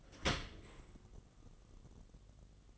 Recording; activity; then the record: daily activity, microphone in the room; open dishwasher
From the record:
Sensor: 4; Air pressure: 1015.8 hPa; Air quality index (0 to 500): 108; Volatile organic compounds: 2 ppm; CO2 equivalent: 1218 ppm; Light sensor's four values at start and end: 9/19/7/7 and 9/19/7/7